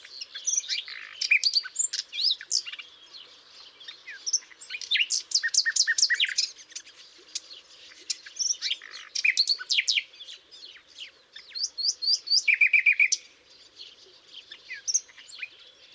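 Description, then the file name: Common nightingale song in varied phrases: rapid repeated sharp notes, high upslurred whistles and a lower fast repeated series, separated by short pauses. "Luscinia megarhynchos"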